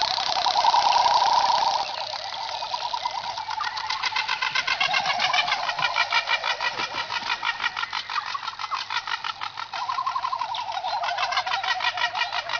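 Frigatebird calls: a warbled trill, then dense, rapid rattling pulses about three times a second, with another warbled trill late on.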